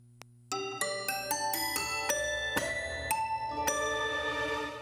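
A bright bell chime sound effect: about ten ringing notes struck in quick succession, forming a short melodic run whose tones overlap and sustain into a shimmering tail.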